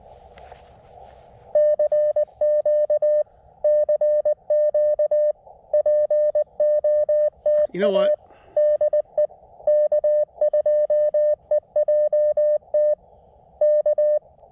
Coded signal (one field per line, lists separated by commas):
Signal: Morse code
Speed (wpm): 20 wpm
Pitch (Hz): 600 Hz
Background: speech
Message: CQ CQ POTA DE K2EJT K